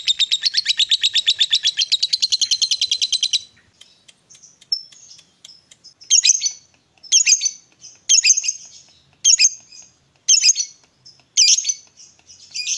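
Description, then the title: Lovebird chirping: a fast buzzy chatter for about three seconds, then short sharp chirp bursts repeated about once a second. Lovebird whose style makes it look very clever at 'memancing', luring or provoking other birds into calling. "Dari Gayanya Lovebird Ini Terlihat Pintar Sekali Memancing"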